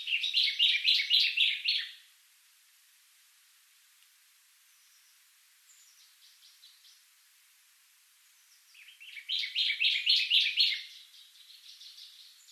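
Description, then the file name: Common chaffinch singing two bright, quick trilled phrases separated by a long pause, with faint notes in the quiet gap between. "Fringilla coelebs"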